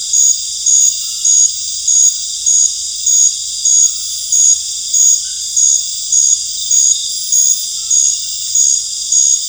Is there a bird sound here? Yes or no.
no